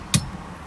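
A torque wrench on the steering wheel retaining nut of an '87 Honda Accord, during a combo switch repair, is clicked again to demonstrate. A single sharp click is heard at 0.1 s over low background hum. The wrench clicks at its setting, showing the nut is torqued down correctly.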